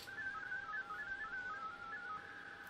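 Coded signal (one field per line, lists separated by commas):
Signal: HF data modem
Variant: VARA HF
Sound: fast warbling chirpy tones hopping around a few pitches, with a faint steady hum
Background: radio static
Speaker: once I'm satisfied I can call CQ [Music] now I'm waiting here I'm gonna wait for 60 seconds to see if somebody comes back to me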